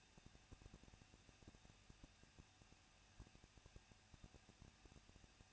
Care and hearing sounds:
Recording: daily activity, microphone in the room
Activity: no activity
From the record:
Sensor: 2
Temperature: 21.0 degrees Celsius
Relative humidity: 37.3%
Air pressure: 1006.5 hPa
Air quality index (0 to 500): 220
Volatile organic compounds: 23 ppm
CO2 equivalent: 2770 ppm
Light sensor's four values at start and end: 2/3/2/2 and 2/3/2/2

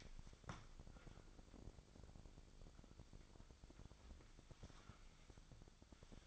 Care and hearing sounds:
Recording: daily activity, microphone in the room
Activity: wipe stove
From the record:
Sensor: 5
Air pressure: 1001.7 hPa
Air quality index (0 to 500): 175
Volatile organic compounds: 10 ppm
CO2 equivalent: 2244 ppm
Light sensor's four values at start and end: 22/76/28/29 and 22/78/29/30

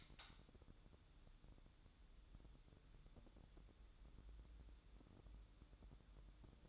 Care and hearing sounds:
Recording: daily activity, microphone in the room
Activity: light off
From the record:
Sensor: 3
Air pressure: 1007.9 hPa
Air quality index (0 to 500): 104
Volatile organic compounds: 1 ppm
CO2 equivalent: 872 ppm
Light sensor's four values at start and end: 16/44/19/17 and 22/62/26/23

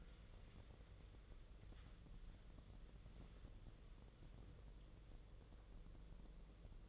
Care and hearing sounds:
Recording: daily activity, microphone in the room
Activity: wipe stove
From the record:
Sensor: 4

